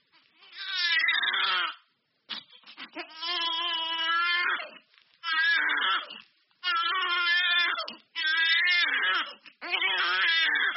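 A baby crying in a nursery: six drawn-out, high-pitched wails, each lasting about one to two and a half seconds, separated by brief catches of breath. The tone is clear and strained, with a wavering pitch and no background noise.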